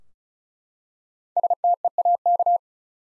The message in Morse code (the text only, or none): STEAK